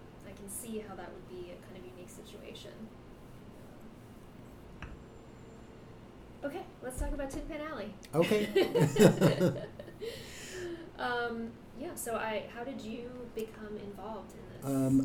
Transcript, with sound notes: I can see how that would be a unique situation. Okay, let’s talk about Tin Pan Alley!
Okay! [both laugh]
So how did you become involved in this?